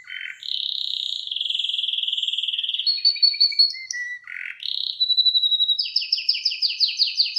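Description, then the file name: Canary delivering a long buzzy trill, several short stepped phrases at changing pitch, then a quick series of sharp downward-sweeping notes. Irish Fancy breed canary. "suara kenari irish fancy"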